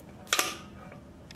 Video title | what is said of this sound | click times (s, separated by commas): Cambium Networks: ePMP Force 110 -- How to Assemble | press down on the feed until you hear a click | 0.3 s